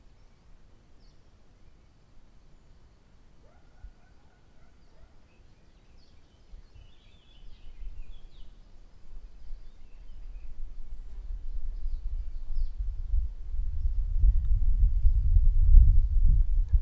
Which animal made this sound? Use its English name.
Canary Islands Chiffchaff